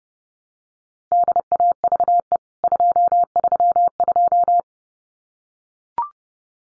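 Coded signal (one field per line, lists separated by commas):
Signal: Morse code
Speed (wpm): 30 wpm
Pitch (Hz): 700 Hz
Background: none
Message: DAVE 232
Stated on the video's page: Morse practice of CWT contest exchanges (name and membership number) at 30wpm for head-copy, each sent twice.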